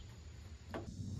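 A Nissan Frontier pickup truck's rear tail light housing, lined up on its two rear snaps, is pushed with light force into the truck's rear body opening. A single short snap at 0.7 s rises over a steady low background rumble as the tail light seats in place.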